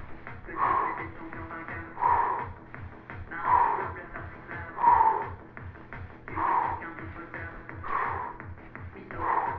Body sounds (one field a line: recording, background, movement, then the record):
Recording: deep breathing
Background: music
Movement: sitting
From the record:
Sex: male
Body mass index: 22.0 kg/m2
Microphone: on the chest, facing the body